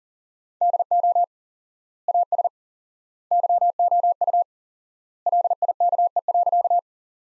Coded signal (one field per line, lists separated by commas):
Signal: Morse code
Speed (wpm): 40 wpm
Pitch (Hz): 700 Hz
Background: none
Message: DO AS YOU LIKE.